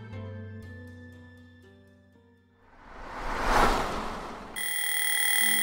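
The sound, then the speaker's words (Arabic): Soft sustained tones fade into a swelling whoosh, then an alarm clock abruptly starts ringing and ends a man's quiet sleep, a loud, steady, high-pitched electronic tone that continues to the end. “كان نوما هادئا حتى دوى صوت المنبه.”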